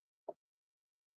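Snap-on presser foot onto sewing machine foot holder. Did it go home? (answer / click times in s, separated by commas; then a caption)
no / none. After moving a snap-on presser foot up slightly, someone tries again to snap it onto the sewing machine's foot holder shank, making a single brief, soft, muffled knock around 0.3 s, followed by silence. The foot does not catch, and nothing has snapped or clicked into place yet.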